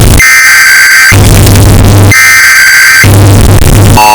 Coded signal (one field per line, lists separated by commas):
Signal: Emergency Alert System (SAME) tones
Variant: header bursts